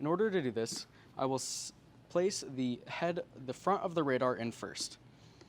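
A radar unit is being handled at a tripod head that is in the unlocked position, with the front of the radar placed into the head first while someone talks. Nothing has seated or clicked yet; the radar unit has not locked into the tripod head.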